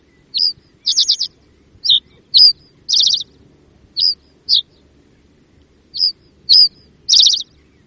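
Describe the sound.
Common reed bunting song: short, sharp downslurred chirps mixed with brief dry rattling trills, repeated over several seconds.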